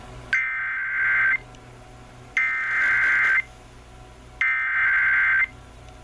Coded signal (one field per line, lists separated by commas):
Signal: Emergency Alert System (SAME) tones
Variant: header bursts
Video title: EAS Special Marine Warning on 94.9 WHOM 7/10/18 EAS #5